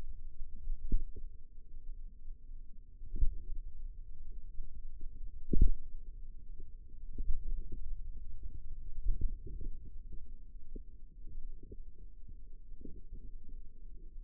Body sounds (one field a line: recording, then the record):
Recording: forearm muscle sounds (acoustic myography)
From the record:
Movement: finger pinch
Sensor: system 2, bracelet of six BSWA MPA416 microphones around the upper forearm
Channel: 3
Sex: female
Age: 22 years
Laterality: right